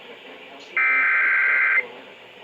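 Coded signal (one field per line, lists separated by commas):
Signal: Emergency Alert System (SAME) tones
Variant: header bursts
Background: speech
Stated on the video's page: Real EAS alerts.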